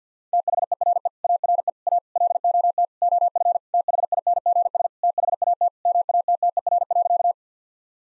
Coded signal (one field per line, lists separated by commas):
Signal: Morse code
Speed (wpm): 50 wpm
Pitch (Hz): 700 Hz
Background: none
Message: THERE ARE A LOT OF THINGS THAT MATTER.